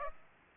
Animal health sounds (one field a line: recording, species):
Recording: mosquito wingbeat signal from an infrared sensor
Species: Aedes aegypti